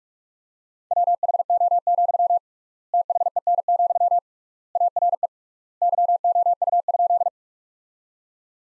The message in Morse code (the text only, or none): WHO, THEN, ARE YOU?